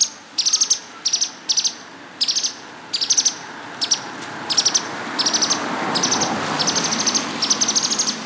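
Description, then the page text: Streaked spiderhunter calling with sharp, very high chips in quick short clusters, repeated throughout over a steady background hiss. "Ding Li Yong - Пестрогрудая нектарница-пауколовка (Arachnothera magna)"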